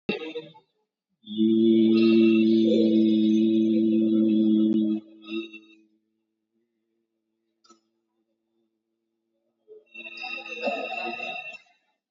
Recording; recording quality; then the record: sustained vowel as in beet; excellent, no background noise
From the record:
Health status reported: COVID-19 positive, mild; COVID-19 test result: positive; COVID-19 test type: RT-PCR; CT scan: taken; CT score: 10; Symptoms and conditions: cough, cold, sore throat, fatigue, loss of smell and taste, diabetes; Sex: male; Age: 39 years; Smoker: no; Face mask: worn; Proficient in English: yes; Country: India